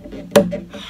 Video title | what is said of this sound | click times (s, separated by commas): 24 July 2024 | on you get a little audible click it is in | 0.4 s